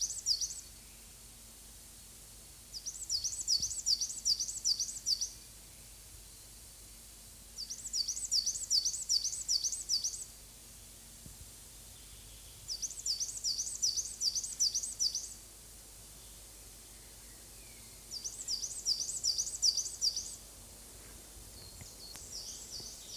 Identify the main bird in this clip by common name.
Coal Tit